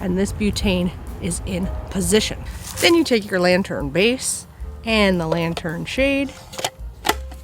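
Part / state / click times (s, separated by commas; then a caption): lantern shade onto lantern base of mosquito repellent lantern / seated / 7.1 s. Someone talks while a plastic lantern shade is slid onto the base of a Thermacell mosquito repellent lantern. A few light handling taps come around 6.5–6.7 seconds, then a sharp click at 7.1 seconds as the shade seats onto the base.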